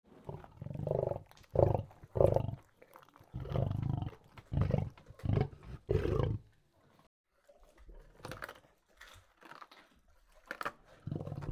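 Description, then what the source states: Lion growling in low throaty bursts, fast and irregular, then a quieter stretch of scraping, crunching noises before the growls return at the end. Lion eating.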